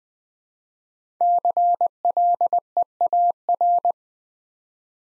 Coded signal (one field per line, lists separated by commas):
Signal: Morse code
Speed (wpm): 20 wpm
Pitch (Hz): 700 Hz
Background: none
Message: CLEAR